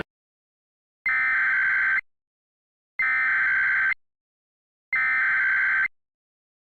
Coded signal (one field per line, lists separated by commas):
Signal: Emergency Alert System (SAME) tones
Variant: header bursts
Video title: EAS Scenario: "America Under Attack: Reduxed"